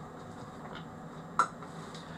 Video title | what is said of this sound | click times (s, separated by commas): Andy's Shed Live S09E11: Restoring a Wall Phone 741 | and if it doesn't we'll be coming back to it next week that i did just hear a click | 1.4 s